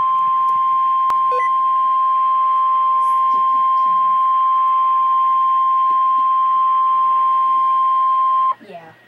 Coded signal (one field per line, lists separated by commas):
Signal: Emergency Alert System (SAME) tones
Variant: 1050 Hz attention tone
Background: speech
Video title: REAL EAS 1202-Severe Thunderstorm Warning